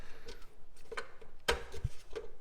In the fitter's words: there we go and it just clicks right into place